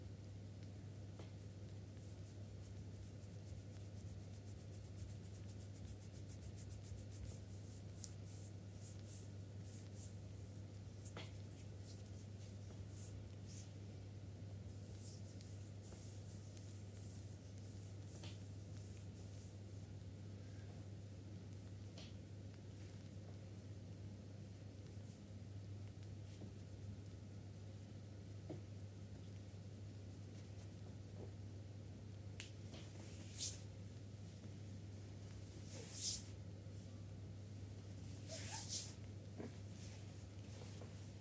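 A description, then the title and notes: A massager runs through a full body spa massage, its motor a steady low hum that never changes for the whole 41 seconds. Over it come scattered short rubbing and tapping sounds, sparse early, then clustering in brief bright bursts in the last ten seconds. Spa full body massage with massager.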